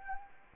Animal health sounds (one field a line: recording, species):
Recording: mosquito wingbeat signal from an infrared sensor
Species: Anopheles arabiensis